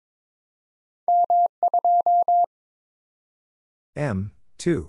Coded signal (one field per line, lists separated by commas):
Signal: Morse code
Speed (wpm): 22 wpm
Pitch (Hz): 700 Hz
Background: none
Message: M2